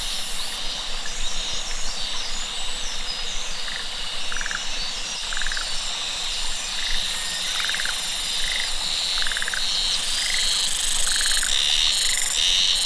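Cicadas buzzing in high, shrill bursts that start and stop repeatedly, over a dense insect hum, with short pulsed croaks in the background.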